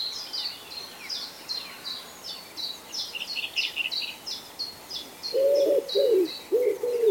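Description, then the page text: Common wood pigeon cooing: four deep, hollow coos near the end, following a steady stream of high, thin chirps from small birds throughout. "Common Wood Pigeon Call #cooing. knut the bird nerd"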